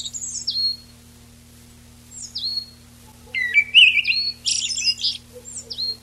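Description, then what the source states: Eyebrowed thrush song: thin downslurred squeaks, then a whistled warble ending in a dense burst of high twittering, followed by more squeaky notes. Recorded on 19 June 1991.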